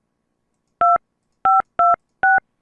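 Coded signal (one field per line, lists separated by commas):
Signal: DTMF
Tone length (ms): 180 ms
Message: 2526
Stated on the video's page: Touch-tone menu input used to change settings on a CX-E voicemail mailbox.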